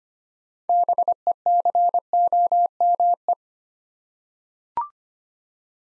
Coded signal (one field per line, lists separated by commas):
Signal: Morse code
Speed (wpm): 25 wpm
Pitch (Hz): 700 Hz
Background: none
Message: BECOME